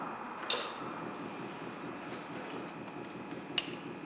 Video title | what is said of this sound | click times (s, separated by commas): 2004 Ford Explorer Fuel Pressure Regulator / P0191 / P0193 | And when you put this on, you should hear it snap in place. | 3.6 s